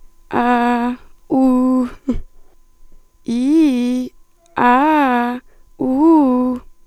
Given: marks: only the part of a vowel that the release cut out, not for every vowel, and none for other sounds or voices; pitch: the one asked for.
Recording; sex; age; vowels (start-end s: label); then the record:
sustained vowels; female; 20 to 29 years
0.39-0.90 s: vowel /a/, low pitch
3.34-3.97 s: vowel /i/, low-high-low pitch
4.65-5.22 s: vowel /a/, low-high-low pitch
5.89-6.46 s: vowel /u/, low-high-low pitch
From the record:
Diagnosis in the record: hyperfunctional dysphonia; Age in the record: 24 years